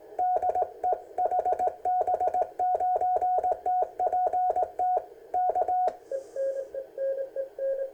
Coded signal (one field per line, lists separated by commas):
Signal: Morse code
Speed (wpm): 18 wpm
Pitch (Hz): 730 Hz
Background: none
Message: DE HB9TPT K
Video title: Ten Tec Kit 40m Band